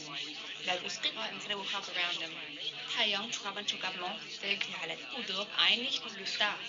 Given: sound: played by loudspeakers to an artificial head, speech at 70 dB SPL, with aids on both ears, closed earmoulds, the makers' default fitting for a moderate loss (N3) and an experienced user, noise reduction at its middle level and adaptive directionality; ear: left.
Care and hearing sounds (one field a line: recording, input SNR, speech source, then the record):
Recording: speech test signal (ISTS) in cocktail-party noise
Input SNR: +6 dB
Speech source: in front (0 degrees)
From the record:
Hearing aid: class 1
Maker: G